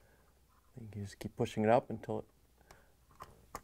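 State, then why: Seated. A plastic micro switch for a Samsung refrigerator dispenser (part 3405-001123) is pushed up into the dispenser housing while someone talks. Faint ticks follow, and then it clicks past the locking tab and locks into place at 3.6 s.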